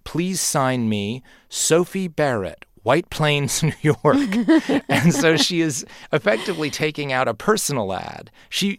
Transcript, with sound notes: Please sign me Sophie Barrett, White Plains, New York.
(LAUGHTER)
And so she is effectively taking out a personal ad.